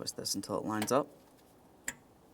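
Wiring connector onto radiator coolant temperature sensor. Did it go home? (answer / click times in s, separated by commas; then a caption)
yes / 1.9 s. A plastic electrical wiring connector is twisted into line and pushed onto the coolant temperature sensor at the bottom of the radiator on a 2014-2018 Mazda 3. Someone talks during the first second, then a single sharp click is heard at 1.9 s. The connector is seated on the sensor.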